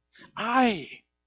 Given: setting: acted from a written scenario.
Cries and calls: vocal sound without words; pain

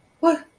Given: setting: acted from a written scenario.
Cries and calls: vocal sound without words; negative surprise

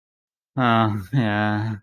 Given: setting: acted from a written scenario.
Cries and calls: vocal sound without words; guilt

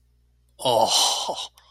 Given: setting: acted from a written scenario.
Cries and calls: vocal sound without words; desire

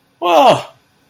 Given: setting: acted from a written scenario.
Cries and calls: vocal sound without words; positive surprise

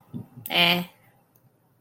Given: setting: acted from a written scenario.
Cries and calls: vocal sound without words; neutral

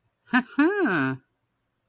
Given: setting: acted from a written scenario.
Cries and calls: vocal sound without words; pride

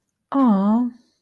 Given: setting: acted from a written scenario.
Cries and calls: vocal sound without words; disappointment

